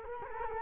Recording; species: mosquito wingbeat signal from an infrared sensor; Culex quinquefasciatus